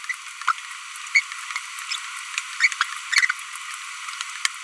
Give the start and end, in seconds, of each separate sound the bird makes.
0.10-0.12, 1.15-1.20, 2.60-2.68